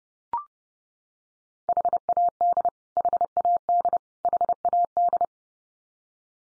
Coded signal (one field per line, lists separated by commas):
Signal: Morse code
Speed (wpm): 30 wpm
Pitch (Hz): 700 Hz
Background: none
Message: HAD HAD HAD